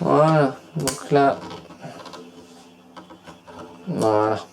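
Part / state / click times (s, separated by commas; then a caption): CPU retention lever into socket latch / not seated / none. A metal CPU retention lever is handled at the processor socket latch while someone talks, with soft mechanical rattles and scrapes between the speech. The clip ends before the lever locks, so nothing has seated or clicked yet.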